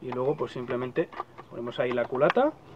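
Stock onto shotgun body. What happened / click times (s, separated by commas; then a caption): Stock handled, not yet closed; no seating click / none. A stock is being set onto the body of a Secutor Velites airsoft shotgun while someone talks throughout. The clip ends just before the stock closes into place, so nothing has seated or clicked yet.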